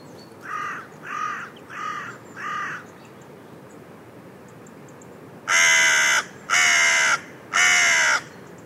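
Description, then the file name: Carrion crow cawing in two bursts: four moderate hoarse caws in quick succession, a pause, then three very loud, harsh, drawn-out caws. "Corvus corone"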